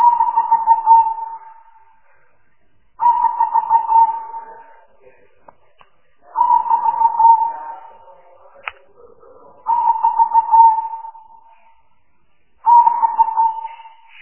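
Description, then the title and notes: Spotted dove cooing steadily: five burry, pulsed phrases at regular three-second intervals, with a couple of faint clicks between them. Compilation of spotted dove calls used as a lure for trapping birds. "Pikat Burung Tekukur Paling Ampuh. Kumpulan suara burung tekukur paling ampuh"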